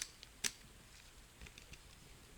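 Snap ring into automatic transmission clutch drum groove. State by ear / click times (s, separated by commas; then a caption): not seated / none. A steel snap ring is worked by hand, without a tool, around the groove of a clutch drum from a 2002 Honda Odyssey automatic transmission. A brief sharp metallic tick sounds at about 0.5 s, followed by faint small clicks and scrapes of handling against a quiet background. Nothing has seated or clicked into the groove yet.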